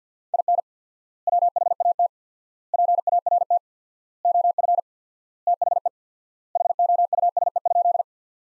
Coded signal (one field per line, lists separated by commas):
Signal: Morse code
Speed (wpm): 50 wpm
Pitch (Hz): 700 Hz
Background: none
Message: IN WHAT PART OF THE HOUSE?